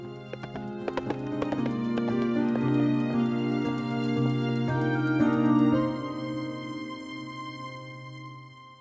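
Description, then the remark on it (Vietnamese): Rapid, rhythmic clopping of horse hooves at a gallop, laid over steady sustained musical tones, with the hoofbeats thinning out and fading in the final seconds; a horse carrying two riders back to a mansion. “Bá Hùng cõng Điền Quyên lên ngựa rồi phi về biệt phủ.”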